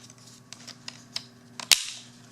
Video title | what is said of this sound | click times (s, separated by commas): Electrolux broken vacuum head removal | there everything snaps in place | 1.2 s, 1.6 s, 1.7 s